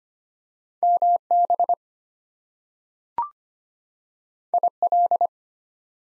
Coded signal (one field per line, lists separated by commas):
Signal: Morse code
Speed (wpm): 25 wpm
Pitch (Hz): 700 Hz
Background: none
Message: MB IL